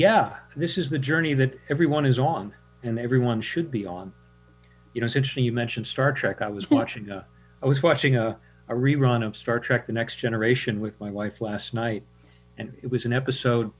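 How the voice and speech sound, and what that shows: A man speaks fluently in a conversational tone, with ordinary pauses and one brief phrase repeat; typical adult speech.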